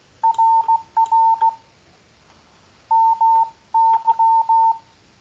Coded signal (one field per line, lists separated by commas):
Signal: Morse code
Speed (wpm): 16 wpm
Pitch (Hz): 900 Hz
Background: none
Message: RR MY